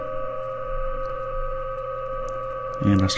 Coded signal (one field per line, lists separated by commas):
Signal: PSK31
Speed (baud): 31.25 baud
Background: speech